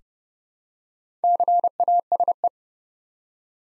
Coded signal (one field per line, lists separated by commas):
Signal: Morse code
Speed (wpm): 30 wpm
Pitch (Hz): 700 Hz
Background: none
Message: CASE